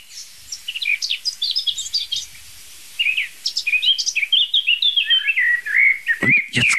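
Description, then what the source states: Eurasian blackcap song, a scratchy twittering start followed by fast, clear warbled phrases that rise and fall, ending with a couple of sharp clicks. Just woken up and joined the blackbird as it gets light; described as a somewhat faster blackbird, much brighter in pitch, like polished stainless steel.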